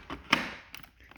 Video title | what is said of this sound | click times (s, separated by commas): Unboxing and Setup of Swiffer Wetjet | and you'll see it locks in place to eject it later when it's finished we press the eject button | 0.3 s